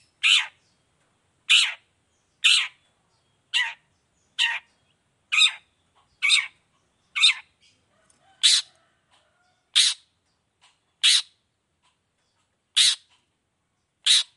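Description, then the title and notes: Long-tailed shrike repeating a harsh, grating note about once a second, steady at first, then more spaced out, with a few faint ticks between. Gacor cendet (long-tailed shrike) singing in the morning in the 'toet toet' style with varied notes and a clear voice, offered for other cendet to imitate. "Cendet Gacor Dor Di Kala Pagi Toet Toet Variasi Suara. Cendet Gacor Suara Jernih Full Variasi Sangat Mudah Di Tiru Cendet Jenis Apapun. Burung cendet"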